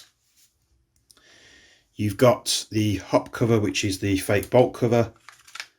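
Someone handles the fake bolt / hop-up cover on a KWA QRF MOD.1 airsoft rifle receiver, a cover that locks closed and is released by pushing up the bolt release. A few faint ticks and a soft rustle come around 1.0–1.2 s, then someone talks from about 2 s, with small taps near 5.5 s. Nothing has seated or clicked yet; the cover is not yet home.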